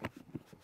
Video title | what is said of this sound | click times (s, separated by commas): BATTLBOX MISSION 70 BREAKDOWN | to open it up which is really nice real positive click | 0.1 s